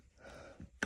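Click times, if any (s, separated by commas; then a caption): 0.8 s. While a rear-facing baby car seat is being removed, the red release button on its ISOFIX latch connector is pressed to undo it from the vehicle's ISOFIX anchor bar. A quiet, breathy rustle and a soft low thump near 0.6 s come before a sharp, bright click at 0.8 s as the latch lets go and releases.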